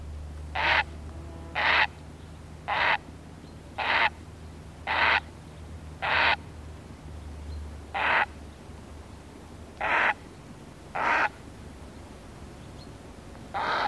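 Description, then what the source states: Grey Heron giving harsh croaks: ten short, rough, noisy calls repeated every one to two seconds over a faint low hum. Harsh, rasping croaking calls.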